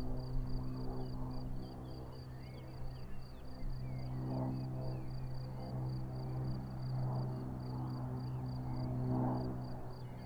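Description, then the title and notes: Cricket chirping sounds as a steady high pulsing under a loud aircraft-like engine drone. Crickets chirping at Vogtsburg im Kaiserstuhl, Germany, with a view over the wide plain; engine noise from a small aircraft is heard. "Unnamed Road, 79235 Vogtsburg im Kaiserstuhl, Deutschland - Grillen zirpen. Zirpen der Grillen. Motorenlärm eines Kleinflugzeugs"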